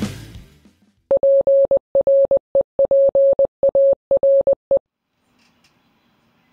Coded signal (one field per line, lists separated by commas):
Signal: Morse code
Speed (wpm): 20 wpm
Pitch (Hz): 550 Hz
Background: music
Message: PREPARE